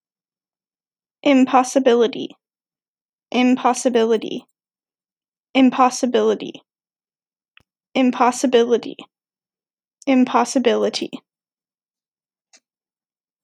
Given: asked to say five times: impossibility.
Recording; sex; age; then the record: repeated word; female; 20 to 29 years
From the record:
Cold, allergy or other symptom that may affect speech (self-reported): no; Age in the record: 28 years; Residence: Oklahoma, United States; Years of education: 14